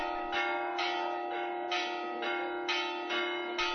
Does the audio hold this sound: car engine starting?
no